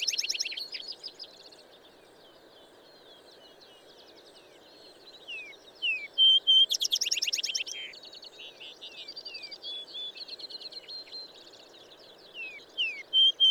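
Bird song: soft twittering and downslurred whistles, a quiet gap, then a clear whistle leading into a loud rapid trill, followed by long soft twittering and downslurred whistles, ending with a clear whistle.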